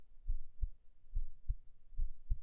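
A calm, steady adult heartbeat: regular low-pitched lub-dub pairs at a relaxed pace of roughly 70 beats per minute.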